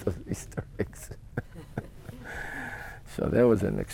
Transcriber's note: he laughs